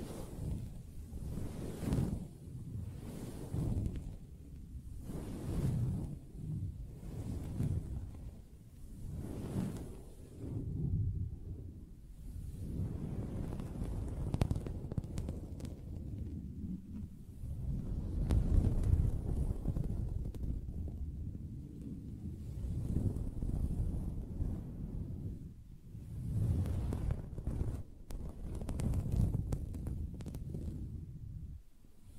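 Soft fabric is tapped and scratched in an uneven run of muffled, low thumps and brushing strokes, arriving every second or two for the full length. The rubbing swells into denser, louder stretches around the middle and again near the end, with faint scratchy rustle above.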